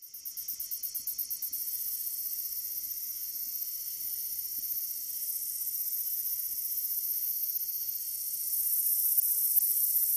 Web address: Nature Songs N America Songs of Insects -Long-spurred Meadow Katydid